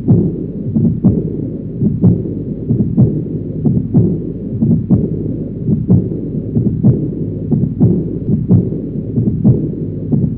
Aortic regurgitation sound effect.